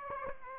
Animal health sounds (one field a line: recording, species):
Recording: mosquito wingbeat signal from an infrared sensor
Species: Aedes aegypti